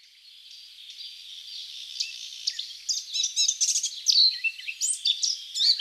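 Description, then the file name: Eurasian blackcap warbling: a quiet, drawn-out start, then a brighter run of quick whistled and chattering notes that swells toward the end. "Sylvia atricapilla"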